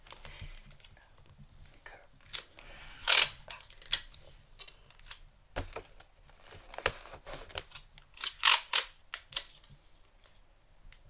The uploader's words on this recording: ASMR Xmas Gift Wrapping Intense Crinkle, Tape, Scissors Sounds.